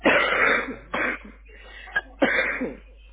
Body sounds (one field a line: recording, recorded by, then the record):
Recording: voluntary cough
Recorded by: telephone call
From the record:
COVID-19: positive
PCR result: checked with the laboratory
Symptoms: yes